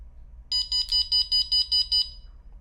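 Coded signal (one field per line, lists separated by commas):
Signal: beep code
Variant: ColorAlti 3 altimeter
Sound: eight short, evenly spaced high electronic beeps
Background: low room hum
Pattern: 8 short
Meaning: Battery is at 80%; each beep represents 10%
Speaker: So that was eight beeps. That corresponds to 80%. Each beep represents 10%.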